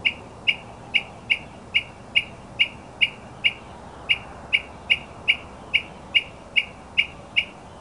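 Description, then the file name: Northern mockingbird repeating one short, sharp chirp about twice a second, steadily, over a quiet background. "kicauan burung northern mockingbird. omkicau"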